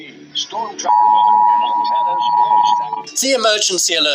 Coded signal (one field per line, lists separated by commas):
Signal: Emergency Alert System (SAME) tones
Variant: 853 and 960 Hz attention tone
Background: speech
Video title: scary emergency alert system